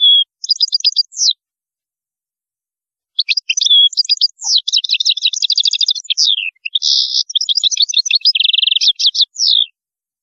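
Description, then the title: European goldfinch song, a fast tinkling, liquid twitter of varied notes and buzzy trills, starting with a short phrase then a long continuous run after a pause. "Chant Chardonneret"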